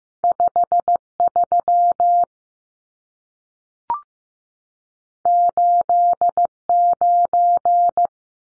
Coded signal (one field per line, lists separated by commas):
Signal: Morse code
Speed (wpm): 15 wpm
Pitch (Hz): 700 Hz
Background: none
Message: 53 89